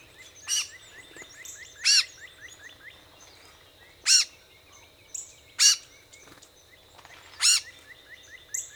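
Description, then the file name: Gray catbird producing short, scratchy mewing notes, five or so spaced irregularly, while small birds twitter softly and a low hum continues. Recorded on 14 April 2018; a series of mew calls. "2018-04-14 GRCA-16 Mews"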